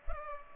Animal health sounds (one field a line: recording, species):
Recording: mosquito wingbeat signal from an infrared sensor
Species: Culex pipiens